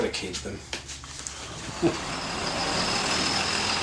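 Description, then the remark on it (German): A bus on the move, travelling almost 250 kilometres south to Rotorua, New Zealand: a few knocks and clatters at first, then a steady, even rush of engine and road noise with a broad hiss that holds to the end. “Mit dem Bus fahre ich knapp 250 Kilometer weiter nach Süden, nach Rotorua.”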